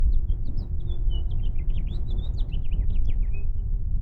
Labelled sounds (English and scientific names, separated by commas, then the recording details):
House Finch (Haemorhous mexicanus) song
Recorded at Lawrence on Long Island, New York, on 4 June 1975
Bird C